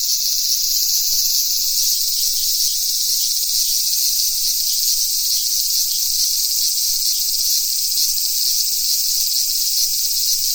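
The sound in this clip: Cicadas droning in a steady high buzz, with a thin extra whine that drops out after about two seconds.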